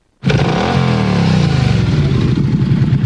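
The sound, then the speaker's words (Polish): A motorcycle with a sidecar starts abruptly and revs loudly at the 12th Nasze Wyprawy Motocyklowe event, its low throbbing tone rising then settling into a steady, rumbling idle with a rattling edge. No voices. “Na trzech kółkach, bo jest to motocykl z wózkiem bocznym, czyli do podróżowania jeszcze z pasażerem obok.”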